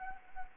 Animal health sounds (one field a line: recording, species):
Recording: mosquito wingbeat signal from an infrared sensor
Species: Anopheles arabiensis